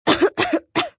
Sick sound effects human element girl young cough.